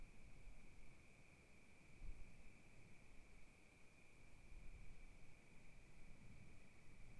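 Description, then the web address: Continuous thin cricket trill at one pitch throughout, over a soft bed of rumbling wind. Wild crickets recorded at night at Kiger Lookout, Oregon, in 2015, in wilderness, with gentle wind gusts. "Sonniss com - GDC 2018-Game Audio Bundle Discover Oregon - Wilderness Crickets Crickets 2015 Kiger Lookout Night Crickets Gusts Gentle"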